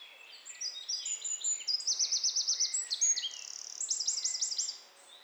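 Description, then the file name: Eurasian wren sings a loud, high, rapid series of piercing notes and quick rattling trills lasting around four seconds. "Troglodytes troglodytes"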